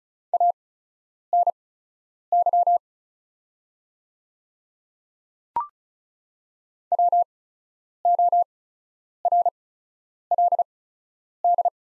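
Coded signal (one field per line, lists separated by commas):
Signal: Morse code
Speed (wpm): 36 wpm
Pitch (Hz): 700 Hz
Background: none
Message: ANY WORLD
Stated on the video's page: Farnsworth practice Morse at 35wpm with 8x character spacing, sending the top 300 words.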